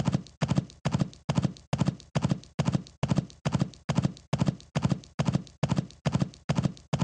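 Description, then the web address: Horse hoofbeats, a steady rhythmic gallop of thudding footfalls in groups repeating about twice a second, with brief gaps between groups. Horse running. "animals horse horse running"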